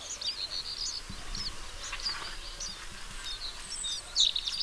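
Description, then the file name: House sparrow chirps: short bright notes scattered irregularly over steady background noise. "Passer domesticus"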